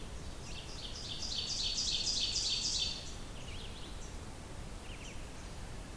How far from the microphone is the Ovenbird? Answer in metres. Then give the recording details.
about 35 m. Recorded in boreal forest in Alberta, Canada, on 29 June 2016 at 06:53. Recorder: SongMeter 3, array SBT-6-79. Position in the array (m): 16 m, 117 m. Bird 40